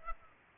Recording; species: mosquito wingbeat signal from an infrared sensor; Aedes aegypti